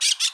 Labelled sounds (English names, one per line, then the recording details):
Brown-throated Parakeet contact call
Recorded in Bonaire
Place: roosting area just N of Seru Largu
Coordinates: 12.199, -68.277